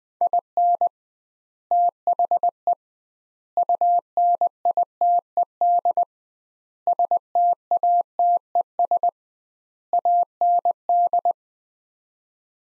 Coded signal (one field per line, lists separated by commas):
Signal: Morse code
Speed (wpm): 21 wpm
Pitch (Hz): 700 Hz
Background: none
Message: IN THE UNITED STATES AND